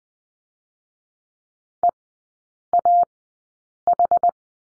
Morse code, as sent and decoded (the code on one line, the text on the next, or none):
. .- ....
EAH